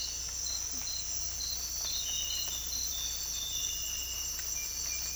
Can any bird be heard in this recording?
no